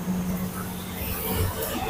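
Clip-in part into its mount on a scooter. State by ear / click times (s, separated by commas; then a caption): not seated / none. On a Yamaha Mio Soul GT 54P scooter that won't start, a clip-in part is lined up with its mount, its hole aligned with the end of the mount before being pushed home. Only a quiet stretch of handling is heard over a steady low hum and background noise. Nothing has seated or clicked yet.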